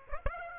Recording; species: mosquito wingbeat signal from an infrared sensor; Aedes aegypti